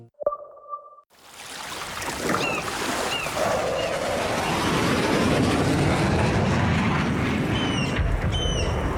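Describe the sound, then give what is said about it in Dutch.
A short electronic beep gives way to the loud, rushing roar of low-flying fighter jets firing live ammunition over the Wadden nature area. The roar swells quickly and holds steady to the end, with a few faint high chirps above it. “Laagvliegende straaljagers schieten met scherp.”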